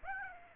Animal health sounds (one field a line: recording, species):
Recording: mosquito wingbeat signal from an infrared sensor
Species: Aedes aegypti